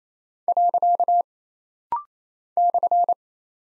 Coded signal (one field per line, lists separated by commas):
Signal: Morse code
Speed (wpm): 28 wpm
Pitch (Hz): 700 Hz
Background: none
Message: . /